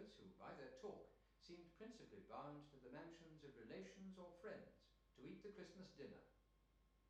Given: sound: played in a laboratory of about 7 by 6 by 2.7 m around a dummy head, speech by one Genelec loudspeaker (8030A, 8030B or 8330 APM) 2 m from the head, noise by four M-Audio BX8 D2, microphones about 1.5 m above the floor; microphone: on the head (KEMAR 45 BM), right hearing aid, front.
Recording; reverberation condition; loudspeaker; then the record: male speech in English; medium; 90 degrees to the left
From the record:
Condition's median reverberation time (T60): about 510 ms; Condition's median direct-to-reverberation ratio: about -0.5 dB